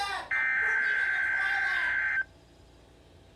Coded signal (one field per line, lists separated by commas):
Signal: Emergency Alert System (SAME) tones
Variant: header bursts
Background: speech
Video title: EAS 20 SERVER THUNDERSTORM WARNING